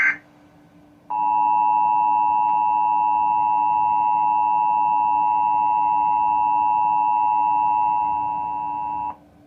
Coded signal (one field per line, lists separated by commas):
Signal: Emergency Alert System (SAME) tones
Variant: 853 and 960 Hz attention tone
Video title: Xfinity EAS National Periodic Test (10-4-23)